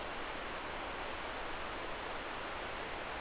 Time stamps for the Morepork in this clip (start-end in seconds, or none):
none